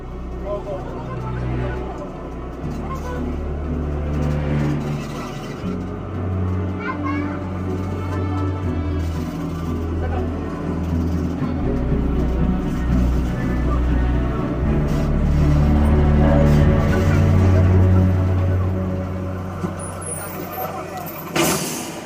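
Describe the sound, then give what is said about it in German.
Inside a city bus in Rome riding from the hospital toward the Pantheon through traffic: a steady low engine rumble with shifting gears, a hiss of air brakes, and children's chatter and other voices murmuring throughout. “Noch fassungslos über die Auskunft im Krankenhaus nehme ich den Bus zum Pantheon zurück.”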